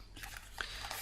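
Folded cardstock flaps are pushed through the two holes at the bottom of a handmade paper favour box, with soft handling sounds before a sharp click at 0.6 s as the interlocking tabs snap shut. The tabs seat and the box is finished.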